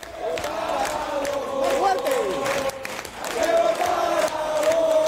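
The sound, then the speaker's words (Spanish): A large crowd at an Aragon election-night gathering chants "Aragón" in loud unison, their voices merging into a sustained, rising-and-falling roar, with a brief dip midway before the chant swells again. “¿Qué le gritan? Aragón, ¿no?”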